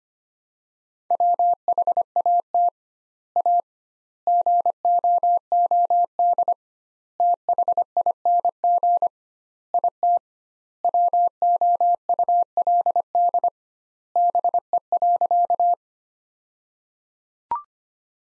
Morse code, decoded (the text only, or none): WHAT A GOOD THING IT WOULD BE.